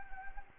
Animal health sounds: mosquito wingbeat signal from an infrared sensor; Anopheles arabiensis

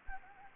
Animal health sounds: mosquito wingbeat signal from an infrared sensor; Anopheles gambiae

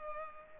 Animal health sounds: mosquito wingbeat signal from an infrared sensor; Culex pipiens

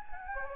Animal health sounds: mosquito wingbeat signal from an infrared sensor; Anopheles gambiae

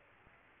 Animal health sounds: mosquito wingbeat signal from an infrared sensor; Aedes aegypti

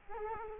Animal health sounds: mosquito wingbeat signal from an infrared sensor; Culex quinquefasciatus

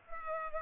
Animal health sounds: mosquito wingbeat signal from an infrared sensor; Culex pipiens

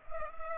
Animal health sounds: mosquito wingbeat signal from an infrared sensor; Culex pipiens

